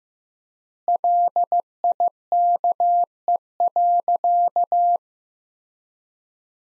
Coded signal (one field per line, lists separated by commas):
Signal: Morse code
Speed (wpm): 15 wpm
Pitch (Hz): 700 Hz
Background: none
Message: LIKE.